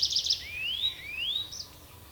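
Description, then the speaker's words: Tree pipit song phrase: a few quick high chirps followed by two long, thin rising slurred whistles, then a short high note. Finland's fourth most common bird; this song phrase is delivered in a song flight or from a tree branch. "Tällaisen säkeen esittää laululennossa tai puun oksalta metsäkirvinen."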